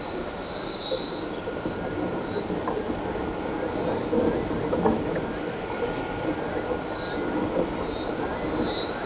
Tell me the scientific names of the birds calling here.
none